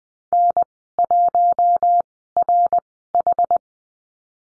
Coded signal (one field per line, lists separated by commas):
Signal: Morse code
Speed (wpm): 20 wpm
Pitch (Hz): 700 Hz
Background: none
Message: N1RH